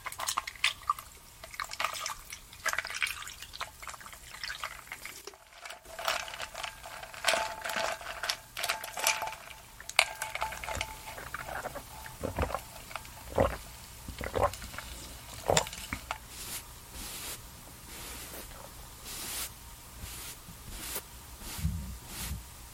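Skincare and makeup sounds: a dense run of small taps, clicks and soft wet squelches, with bursts of sharper, brighter handling noise every second or so. A brief near-silent gap comes around five seconds, and a faint low hum runs underneath throughout.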